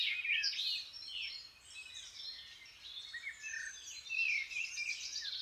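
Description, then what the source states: Birds singing together in a dense chorus, varied high twitters, short whistles and trills overlapping without pause, the mass of song swelling again near the end. Birds waking up.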